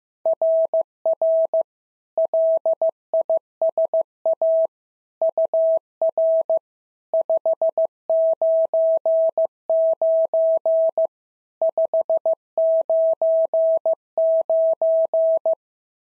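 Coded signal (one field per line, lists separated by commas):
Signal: Morse code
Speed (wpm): 14 wpm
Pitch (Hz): 650 Hz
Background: none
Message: RR LISA UR 599 599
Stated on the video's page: SOTA QSO practice drill at 15 wpm, each exchange sent in Morse, spoken, then sent again.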